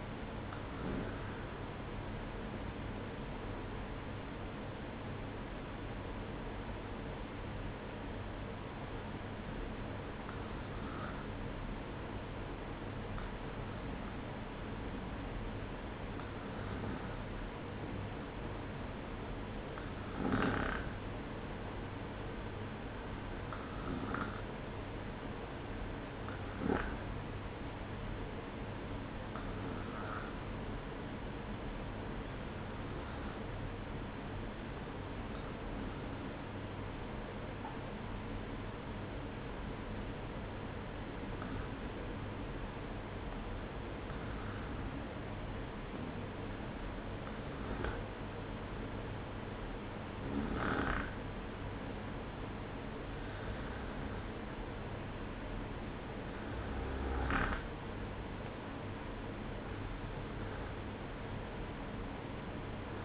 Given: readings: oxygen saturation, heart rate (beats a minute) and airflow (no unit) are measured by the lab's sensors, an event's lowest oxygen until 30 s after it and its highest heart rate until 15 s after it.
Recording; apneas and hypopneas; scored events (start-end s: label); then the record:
breathing in sleep by a voice recorder at the bedside; 1
4.00-41.80 s: hypopnea (REM, oxygen 96% highest, then 93% lowest, heart rate 56 at the start, 60 highest)
From the record:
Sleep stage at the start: REM sleep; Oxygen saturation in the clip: 93 to 96%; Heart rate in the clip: 56 to 60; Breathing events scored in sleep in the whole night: 305 in 9.6 hours asleep